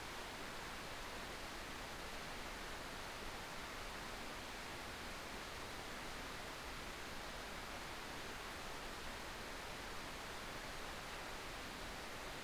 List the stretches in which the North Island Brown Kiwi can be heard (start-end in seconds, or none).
none